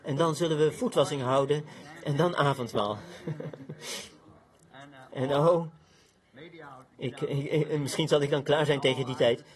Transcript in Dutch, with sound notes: en dan zullen we voetwassing houden en dan avondmaal. [Broeder Branham lacht – Vert] En – en, o, ik, misschien zal ik dan klaar zijn tegen die tijd...